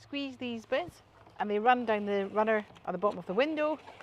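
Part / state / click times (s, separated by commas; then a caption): cab window blind handle into its bottom runner catch / not seated / none. Someone talks while the pleated cab window blind in a Knaus Boxlife 600 MQ 6-metre panel van is squeezed at its handle and run down the runner at the bottom of the window, heading for the bottom runner catch. Nothing has seated or clicked into place yet.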